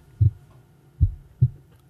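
Deep, low thumps in a slow, regular pattern: a normal human heartbeat, heard because blood is being pumped through the body.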